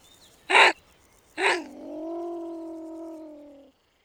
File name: salamandre martre